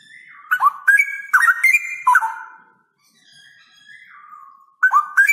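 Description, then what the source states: Straw-headed bulbul singing loud, bubbling whistled phrases of quick liquid notes, a short pause with a soft gliding whistle, then the bright phrase starting again. Male singing actively (gacor) with a loud voice and long rolling trills; meant as a tutor recording (masteran).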